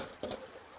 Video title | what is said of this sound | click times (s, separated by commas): Royal Manufacturing HighBanker | Snaps back inside there like that. | 0.2 s